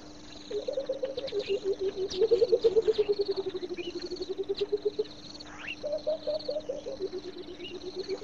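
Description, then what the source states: Coucal song, a rapid run of low hooting notes falling in pitch, a pause, then a new run starting higher. Singing near a pond.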